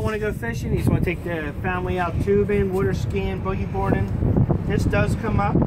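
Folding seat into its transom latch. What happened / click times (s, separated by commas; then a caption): Handled, not yet home: folding seat latch not yet locked / none. A folding seat on the transom of a 2015 Sailfish 290 Center Console boat is being raised toward its latch while someone talks over steady wind noise. A few faint knocks come through the wind, but the clip ends before the seat locks into place, so nothing has seated or clicked yet.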